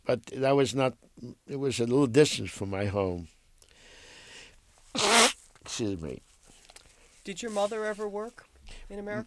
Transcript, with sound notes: but that was not, it was a little distance from my home. ( he blows his nose ) Excuse me.
Did your mother ever work in America?